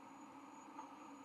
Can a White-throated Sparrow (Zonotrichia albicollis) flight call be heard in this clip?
no